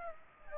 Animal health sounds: mosquito wingbeat signal from an infrared sensor; Aedes aegypti

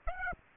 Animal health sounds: mosquito wingbeat signal from an infrared sensor; Aedes aegypti

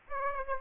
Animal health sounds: mosquito wingbeat signal from an infrared sensor; Aedes aegypti

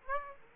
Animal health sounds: mosquito wingbeat signal from an infrared sensor; Aedes aegypti

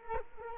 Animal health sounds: mosquito wingbeat signal from an infrared sensor; Culex quinquefasciatus

